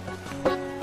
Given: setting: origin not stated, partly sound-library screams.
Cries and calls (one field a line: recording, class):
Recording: one-second piece from a danger detection set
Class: normal situation